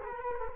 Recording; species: mosquito wingbeat signal from an infrared sensor; Culex quinquefasciatus